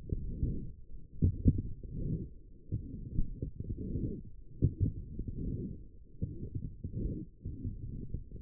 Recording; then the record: forearm muscle sounds (acoustic myography)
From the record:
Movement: forearm pronation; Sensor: system 1, eight BSWA MPA416 microphones around the upper forearm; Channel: 2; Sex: female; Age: 21 years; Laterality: right